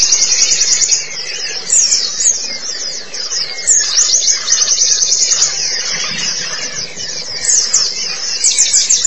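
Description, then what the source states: White-eye song: rapid, high-pitched chattering twitter running nonstop, swelling louder in several bursts. Chirping song; local Indonesian name pleci.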